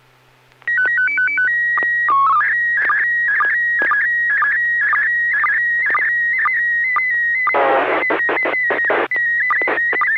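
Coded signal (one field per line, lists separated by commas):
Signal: SSTV (slow-scan television)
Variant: PD 120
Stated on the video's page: SSTV net images sent over an FM repeater on 441.300 MHz in Sacramento, using MMSSTV software.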